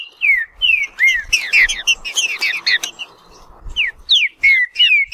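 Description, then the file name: Green-winged saltator song: clear whistled notes sliding downward, mixed with short sharp notes, in a lively varied phrase. "canto do trinca ferro"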